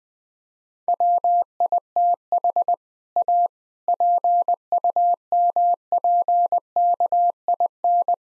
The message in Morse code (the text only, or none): WITH A PUMPKIN